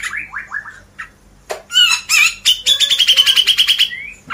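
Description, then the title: Grey-cheeked bulbul song: descending whistled slurs, then harsh raspy notes and a fast, steady run of repeated chattering notes. "CUCAK JENGGOT"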